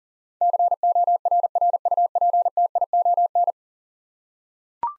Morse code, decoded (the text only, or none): CORRUPTION